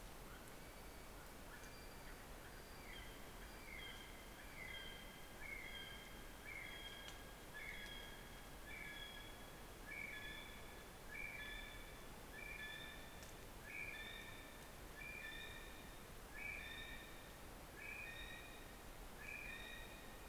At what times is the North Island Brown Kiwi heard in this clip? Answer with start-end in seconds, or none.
0.10-20.28